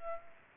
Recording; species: mosquito wingbeat signal from an infrared sensor; Culex pipiens